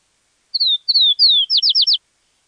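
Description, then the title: Bird calling with three descending whistled slurs, then a rapid run of four clipped high notes; no other sounds. "LuckyPassaro Completos2Sama"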